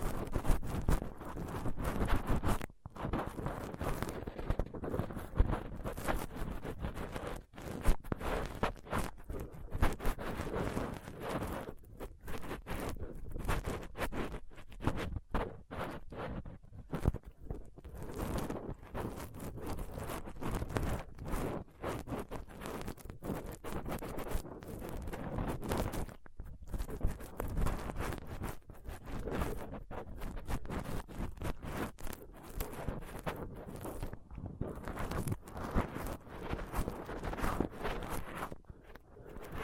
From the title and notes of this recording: ASMR Rough Mic Picking using Dental PickTweezersCotton Swab (No Talking).